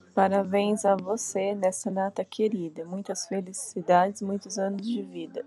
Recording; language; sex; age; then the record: short text; Brazilian Portuguese; female; 30 to 39 years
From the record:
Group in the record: control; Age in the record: 39 years